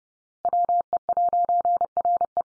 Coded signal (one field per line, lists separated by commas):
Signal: Morse code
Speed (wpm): 30 wpm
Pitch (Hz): 700 Hz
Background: none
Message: WE'RE